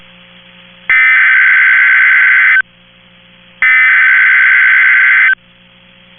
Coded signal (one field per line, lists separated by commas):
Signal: Emergency Alert System (SAME) tones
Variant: header bursts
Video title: EAS Child Abduction Emergency (AMBER Alert) Franklin, Texas Statewide Alert NOAA Weather Radio